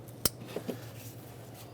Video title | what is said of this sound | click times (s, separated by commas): How to Replace Intake Manifold 2008-2010 Ford F250 Super Duty 5.4L V8 | on the throttle body motor first make sure it clicks | 0.3 s